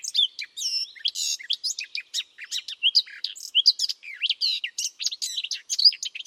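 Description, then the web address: Bird calls: a dense, continuous run of sharp high chirps and short whistled slurs, quick and irregular throughout, with no pauses and no other sounds. "Bird Only"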